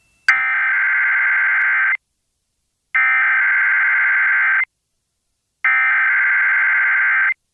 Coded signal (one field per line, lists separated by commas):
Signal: Emergency Alert System (SAME) tones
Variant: header bursts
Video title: [EAS] WQDR - Tornado Watch Activation - 8/8/2024